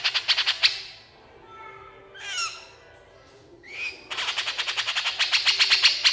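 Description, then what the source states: Horsfield's bush lark song: a quick rattle, then slurred, whistled, wavering notes, then a long run of rapid clicking pulses. Branjangan singing energetically and continuously (gacor), used to train songbirds (masteran).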